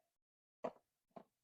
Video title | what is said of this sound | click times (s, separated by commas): DESTROY DUST MITES with the JIGOO-J300! FULL VIDEO! | fits into the grooves and then snaps into place | 0.7 s